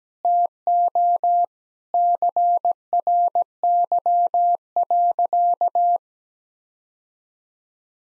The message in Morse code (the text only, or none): TO CRY.